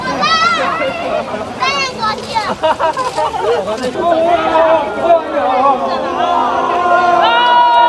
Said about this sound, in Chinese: 今天0点，海淀区国兴家园小区解封，西门缓缓打开，小朋友连蹦带跳，不少人兴奋地欢呼鼓掌。